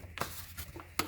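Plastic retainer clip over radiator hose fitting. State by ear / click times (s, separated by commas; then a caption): not seated / none. A plastic retainer clip is handled over the radiator hose fitting during a Jeep LJ radiator replacement, being fitted on the other side over the metal ring so the hose can't blow out under pressure. Short plastic taps and rattles are heard near 0.2 s, 1.0 s and 1.1 s against a quiet background. Nothing has seated or clicked yet.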